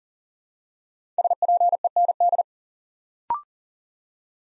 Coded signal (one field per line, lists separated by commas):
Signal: Morse code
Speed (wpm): 40 wpm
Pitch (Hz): 700 Hz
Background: none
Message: SPEND